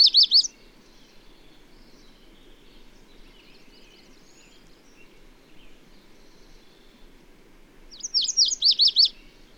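Bird song: a short high phrase at the start, then after a pause a longer run of rapid, sharp, high notes, over faint chirping and low background noise.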